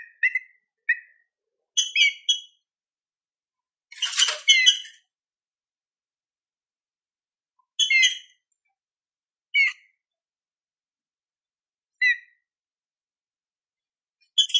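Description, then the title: Green-winged saltator song: clear whistled notes and rich harmonic phrases. One phrase has a harsh, buzzy burst. A few spaced downslurred notes and phrases follow. Classic-style song used for training. "Canto Clássico Trinca Ferro TREINAMENTO"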